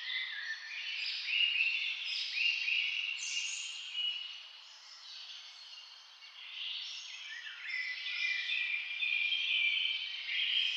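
Birds chirp and trill in overlapping flurries, quieter in the middle, then swelling again into a busy chorus.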